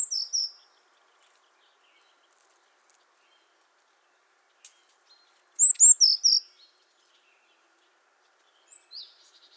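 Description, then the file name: Eurasian blue tit calls: a short burst of high, thin notes at the start, a longer run of five sharp notes midway, then a faint final note in near silence. "Cyanistes caeruleus"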